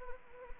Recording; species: mosquito wingbeat signal from an infrared sensor; Anopheles gambiae